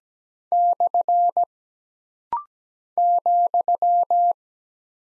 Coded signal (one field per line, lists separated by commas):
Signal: Morse code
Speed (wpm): 17 wpm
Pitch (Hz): 700 Hz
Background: none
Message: / ,